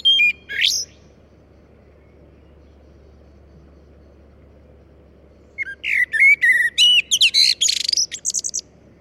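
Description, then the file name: Common blackbird song: a short fluty phrase ending in a high squeaky flourish, silence, then a longer burst of mellow whistles breaking into rapid, thin, high twittering notes. "Turdus merula"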